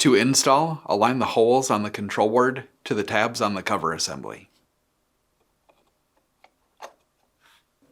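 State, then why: Not seated. Someone talks as a replacement door control board for a GE refrigerator (WR55X36965, powers dispenser functions), a plastic-mounted circuit board, is lined up so its holes sit over the tabs on the refrigerator door cover assembly. Only a few light handling ticks follow, around 5.7, 6.4, 6.9 and 8.0 seconds. The board has not been pressed down or snapped into place yet.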